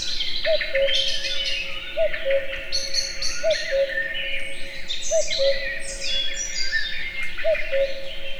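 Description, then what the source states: Common cuckoo calling a low two-note descending cu-coo, repeated about every one and a half to two and a half seconds, over a dense chorus of high twittering songbirds. Wild, in nature, in a forest full of many bird voices, near Egerturistaház, Hungary.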